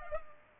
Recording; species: mosquito wingbeat signal from an infrared sensor; Culex pipiens